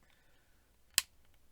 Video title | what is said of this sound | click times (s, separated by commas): Transformers Beast Wars Optimus Primal 2021 Reissue Review | like yeah you got to hear that click | 1.0 s